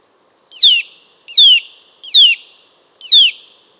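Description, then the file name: Eurasian nuthatch calls: four loud, sharply descending whistled notes with a buzzy tail, spaced about a second apart. "Sitta europaea"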